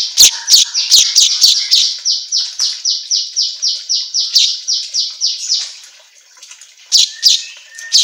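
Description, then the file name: Asian golden weaver song: a long run of buzzy, high chattering notes, about three or four a second, with sharp clicks at the start and a few thin notes after a pause. Song track meant for training songbirds, labelled in Indonesian as an auto gacor recording. "Suara Kicau Manyar Kepala Emas Auto Gacor"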